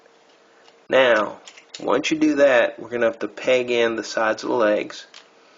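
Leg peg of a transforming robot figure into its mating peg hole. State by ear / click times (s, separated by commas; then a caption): not seated / none. Someone talks while handling a plastic Takara Blitzwing TG-22 Generations transforming robot figure during transformation, getting ready to push the side of its leg so the leg peg goes into its mating peg hole. Only speech is heard, with faint handling underneath. Nothing has seated or clicked yet.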